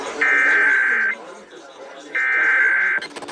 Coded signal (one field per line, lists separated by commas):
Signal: Emergency Alert System (SAME) tones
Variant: header bursts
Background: speech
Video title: EAS #2918-2920 IL RMT 6-4-24